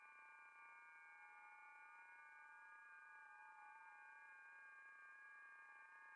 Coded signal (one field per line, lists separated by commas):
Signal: FT8